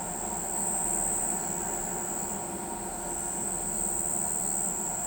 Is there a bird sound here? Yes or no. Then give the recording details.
no. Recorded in pastures near Pivijay, Magdalena, Colombia, on 18 April 2023 at 04:00. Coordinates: 10.456, -74.369. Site P6-G026